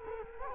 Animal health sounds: mosquito wingbeat signal from an infrared sensor; Culex quinquefasciatus

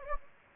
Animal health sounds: mosquito wingbeat signal from an infrared sensor; Anopheles gambiae

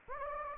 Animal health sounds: mosquito wingbeat signal from an infrared sensor; Anopheles gambiae

